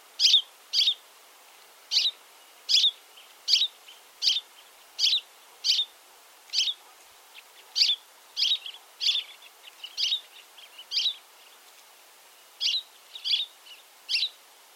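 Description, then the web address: Finch calls, sharp high chirps repeated about every half second to second in an uneven series, clean quiet background. "linling finch call"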